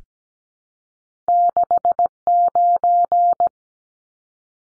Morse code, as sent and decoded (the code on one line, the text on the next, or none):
-.... ----.
69